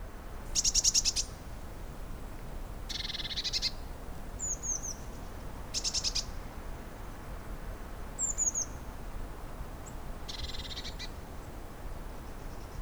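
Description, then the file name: Eurasian blue tit calling with short buzzy, rattling churrs repeated every few seconds, mixed with thin, high, down-slurred notes over a steady background hiss. "Cyanistes caeruleus"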